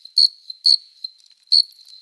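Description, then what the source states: Cricket chirps: three strong high pulses with softer ticks between, over a steady faint trill. Singing cricket, recorded close up.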